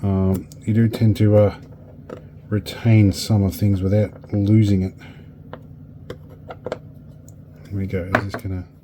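Someone talks while handling a refurbished metal Swift M-10T microscope mechanism, moving it toward its detent position. Brief, sharp handling ticks are heard between about 5.5 and 7.3 seconds before the talking resumes. Nothing has clicked or seated into the detent yet.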